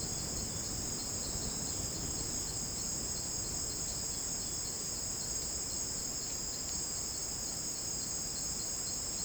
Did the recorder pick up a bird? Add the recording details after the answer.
yes. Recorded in dense forest near Puerto Asís, Putumayo, Colombia, on 25 June 2025 at 10:00. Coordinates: 0.499, -76.324. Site G100